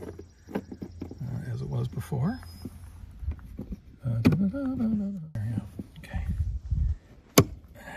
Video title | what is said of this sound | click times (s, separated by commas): Your RV could be vulnerable right now | Look at that. This pops right in there. | 7.4 s